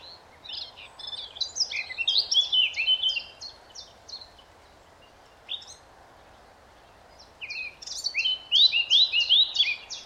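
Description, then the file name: Eurasian blackcap song: a quick, scratchy warbled phrase, a pause with one lone note, then another phrase ending in loud, fluty downslurred whistles. "Sylvia atricapilla"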